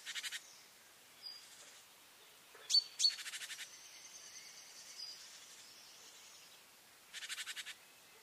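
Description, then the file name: Great tit calls: soft buzzy churring rattles in several bursts with a pair of thin sharp notes near the middle, over a faint steady background hiss. "Parus major"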